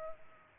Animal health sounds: mosquito wingbeat signal from an infrared sensor; Culex pipiens

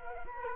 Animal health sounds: mosquito wingbeat signal from an infrared sensor; Culex quinquefasciatus

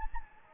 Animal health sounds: mosquito wingbeat signal from an infrared sensor; Anopheles gambiae

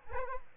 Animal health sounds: mosquito wingbeat signal from an infrared sensor; Aedes albopictus

